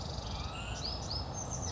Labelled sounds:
Western Flycatcher
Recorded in Sonoma County, California

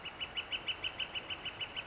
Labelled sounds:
Northern Flicker
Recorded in Sonoma County, California

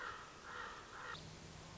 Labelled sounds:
Common Raven
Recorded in Sonoma County, California

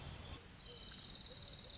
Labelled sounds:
Orange-crowned Warbler
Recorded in Sonoma County, California

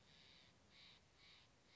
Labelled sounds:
Steller's Jay
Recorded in Sonoma County, California

